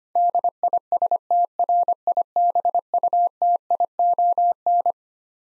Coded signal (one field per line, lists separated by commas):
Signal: Morse code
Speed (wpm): 25 wpm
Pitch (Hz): 700 Hz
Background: none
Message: DISTRIBUTION